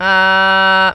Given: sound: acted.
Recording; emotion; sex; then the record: nonverbal affect burst; neutral; female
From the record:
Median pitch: 190 Hz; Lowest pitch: 160 Hz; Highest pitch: 196 Hz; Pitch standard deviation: 3 Hz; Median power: 83.2 dB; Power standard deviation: 4.6 dB